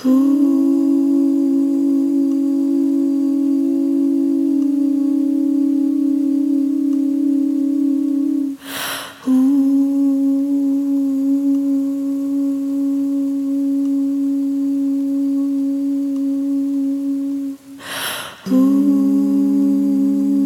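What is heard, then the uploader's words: Steady sustained tones hum on for the whole clip, a low warm drone near 250 with fainter overtones stacked above, like a singing bowl or tone generator. Around 9 and 18 seconds the sound breaks off briefly with a soft bright burst, then resumes at slightly shifted pitches. Healing frequencies.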